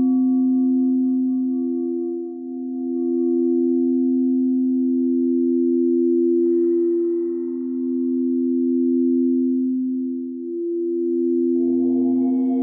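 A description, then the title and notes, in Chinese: A singing bowl hums a steady low tone that slowly swells and dips, while its fainter higher ringing fades away over the first few seconds. Soft scraping flickers around the middle, and near the end a fresh strike brings back brighter overtones. 頌砵,冥想。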